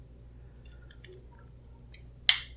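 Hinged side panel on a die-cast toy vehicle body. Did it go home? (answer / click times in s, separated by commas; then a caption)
yes / 2.3 s. A hinged side panel on a die-cast toy vehicle body is pushed back up until it snaps closed and stays up. A few faint small clicks and handling sounds come first, then one sharp, loud snap at 2.3 seconds as the panel latches into place.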